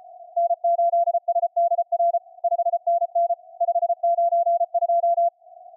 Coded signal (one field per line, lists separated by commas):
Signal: Morse code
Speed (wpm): 33 wpm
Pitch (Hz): 690 Hz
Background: none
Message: N8SDR 5NN 592